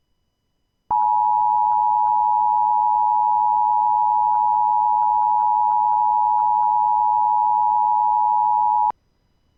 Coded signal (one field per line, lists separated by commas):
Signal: Emergency Alert System (SAME) tones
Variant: 853 and 960 Hz attention tone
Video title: I originated an EAS message